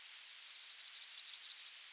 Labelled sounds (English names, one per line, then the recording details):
Yellowhammer song
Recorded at under 5 m from the bird
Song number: 040